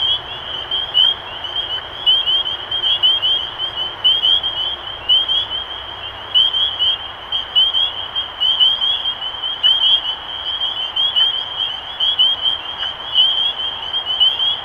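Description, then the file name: Spring peeper chorus, countless high upslurred peeps overlapping in an unbroken wall of sound. Recorded 23 March 2012. "Peepers-2012-0323"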